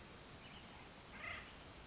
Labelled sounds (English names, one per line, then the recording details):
Acorn Woodpecker
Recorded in Sonoma County, California